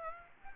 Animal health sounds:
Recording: mosquito wingbeat signal from an infrared sensor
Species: Aedes aegypti

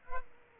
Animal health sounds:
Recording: mosquito wingbeat signal from an infrared sensor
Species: Culex pipiens

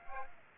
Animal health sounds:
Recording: mosquito wingbeat signal from an infrared sensor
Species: Aedes aegypti

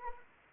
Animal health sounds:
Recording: mosquito wingbeat signal from an infrared sensor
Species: Anopheles arabiensis

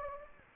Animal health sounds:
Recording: mosquito wingbeat signal from an infrared sensor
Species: Anopheles gambiae

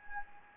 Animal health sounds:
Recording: mosquito wingbeat signal from an infrared sensor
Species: Anopheles gambiae

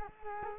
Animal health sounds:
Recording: mosquito wingbeat signal from an infrared sensor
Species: Culex quinquefasciatus

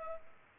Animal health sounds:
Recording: mosquito wingbeat signal from an infrared sensor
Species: Culex pipiens

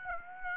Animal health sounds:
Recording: mosquito wingbeat signal from an infrared sensor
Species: Aedes aegypti

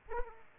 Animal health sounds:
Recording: mosquito wingbeat signal from an infrared sensor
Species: Aedes aegypti

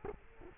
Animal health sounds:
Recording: mosquito wingbeat signal from an infrared sensor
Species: Culex quinquefasciatus

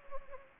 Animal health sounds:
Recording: mosquito wingbeat signal from an infrared sensor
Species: Anopheles gambiae

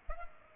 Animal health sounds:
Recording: mosquito wingbeat signal from an infrared sensor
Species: Culex pipiens

